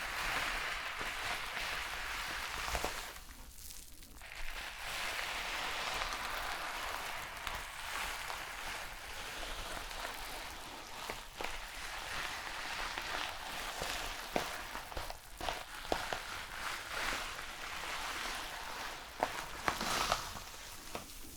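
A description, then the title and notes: Hair is being worked with shampoo and brushed, giving a dense crackling and fizzing that runs steadily for the whole stretch. Brighter rubbing strokes come and go every second or so, with a brief quieter gap near four seconds and sharper clicks around fifteen and twenty. ASMR Relaxing Shampoo and Hair brushing ｜NO TALKING.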